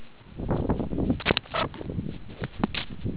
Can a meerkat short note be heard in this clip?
no